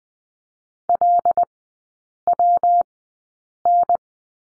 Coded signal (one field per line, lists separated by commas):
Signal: Morse code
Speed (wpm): 21 wpm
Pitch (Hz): 700 Hz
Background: none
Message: LWN